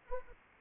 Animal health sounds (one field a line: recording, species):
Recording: mosquito wingbeat signal from an infrared sensor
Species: Anopheles arabiensis